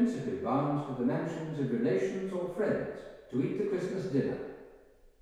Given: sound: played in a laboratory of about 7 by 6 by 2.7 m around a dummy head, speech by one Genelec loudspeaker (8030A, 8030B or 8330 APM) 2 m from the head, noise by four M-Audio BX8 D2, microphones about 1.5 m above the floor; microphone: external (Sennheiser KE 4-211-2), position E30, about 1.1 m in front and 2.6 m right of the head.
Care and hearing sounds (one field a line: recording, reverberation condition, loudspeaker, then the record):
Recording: male speech in English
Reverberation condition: high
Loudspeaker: in front (0 degrees)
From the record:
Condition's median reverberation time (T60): about 1300 ms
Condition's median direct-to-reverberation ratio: about -4.0 dB